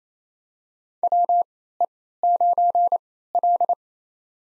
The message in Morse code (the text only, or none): WE9L